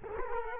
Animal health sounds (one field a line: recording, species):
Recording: mosquito wingbeat signal from an infrared sensor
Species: Culex quinquefasciatus